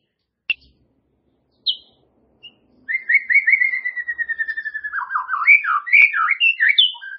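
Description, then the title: White-rumped shama song: a few sharp notes, then a long fast series of repeated whistled notes sliding lower, ending in varied rising and falling phrases. "murai batu"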